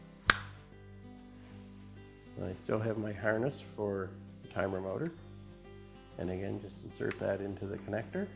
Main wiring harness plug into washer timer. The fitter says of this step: slide it on and make sure it locks